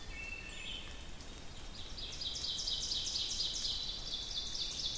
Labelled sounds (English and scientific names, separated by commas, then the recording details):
Ovenbird (Seiurus aurocapilla) song
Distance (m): 60 m
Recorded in boreal forest in Alberta, Canada, on 2 June 2016 at 05:41
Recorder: SongMeter 3, array SBT-3-7
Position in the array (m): 25 m, 133 m
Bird 4